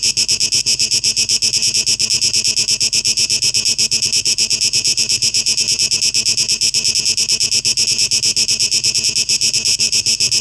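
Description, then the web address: Cicadas: a continuous high-pitched drone made of fast regular pulses, unbroken for the whole stretch, with no other clear voices. 12 August 2023; tape echo mix. "audio Audio 2023-08-12 Zikaden"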